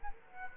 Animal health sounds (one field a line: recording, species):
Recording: mosquito wingbeat signal from an infrared sensor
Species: Aedes aegypti